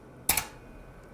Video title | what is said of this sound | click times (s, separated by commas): etrailer - Complete Breakdown of the Curt A16 5th Wheel Trailer Hitch w/ S20 Slider | to show you how the slider operates same way they'll have a pin in here so if you pop open this pin | 0.3 s